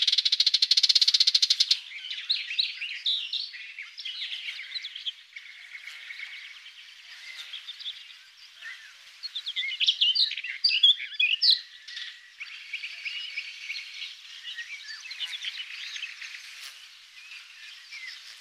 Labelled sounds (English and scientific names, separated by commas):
Barred Warbler (Sylvia nisoria) song